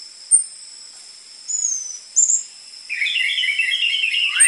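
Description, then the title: Orange-headed thrush breaks into dense fast warbling after a few seconds of thin high whistles and a steady high-pitched tone. Lure recording of an energetic (gacor) orange-headed thrush with densely packed song material, for tutoring caged orange-headed thrushes of the trotol type. "PANCINGAN Anis Merah Gacor Materi Isian Rapat Cocok Untuk MASTERAN Anis Merah TROTOL"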